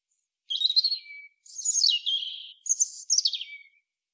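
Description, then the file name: European robin song of four high tinkling phrases with brief pauses, some sliding down into thin whistles. "Erithacus rubecula"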